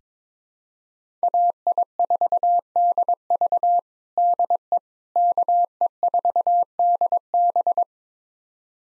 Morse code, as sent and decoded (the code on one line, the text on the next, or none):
.- .. ....- -.. ...- / -.. . / -.- . ....- -.. -...
AI4DV DE KE4DB